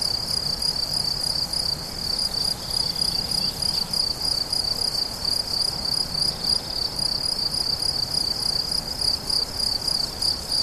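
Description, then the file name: Cricket song, a continuous high chirping trill pulsing about three to four times a second. Crickets recorded 17 July 2013 at La Fortiche on an MZ-N710 recorder. "mz-n 710 grillons la fortiche 17 07 13"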